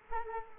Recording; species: mosquito wingbeat signal from an infrared sensor; Culex quinquefasciatus